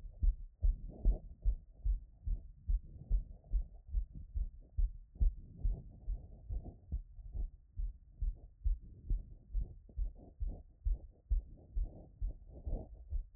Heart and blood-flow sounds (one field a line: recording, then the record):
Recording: heart sounds by stethoscope after running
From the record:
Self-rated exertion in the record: moderate exertion (3 of 6)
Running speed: 7 mph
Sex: female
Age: 26 years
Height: 172 cm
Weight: 60 kg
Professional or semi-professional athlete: no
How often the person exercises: over 5 times a week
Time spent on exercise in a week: over 5 hours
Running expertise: yes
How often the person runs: 3 to 5 times a week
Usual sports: running, interval training, yoga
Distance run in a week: 50 km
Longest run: 21 km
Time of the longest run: 122 minutes